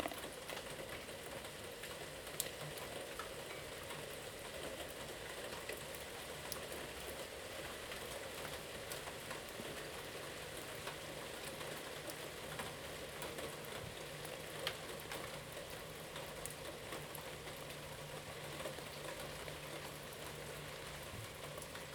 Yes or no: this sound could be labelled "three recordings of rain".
yes